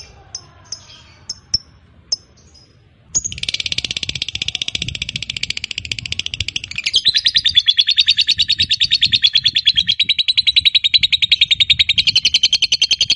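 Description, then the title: Lovebird song: a few sharp chirps, then a long, fast, buzzy chattering trill that runs steadily for about ten seconds. Fighter-type lovebird; the recording features its long ngekek (ngekek panjang). "Begitu Dengar Suara Lovebird FIGHTER NGEKEK PANJANG"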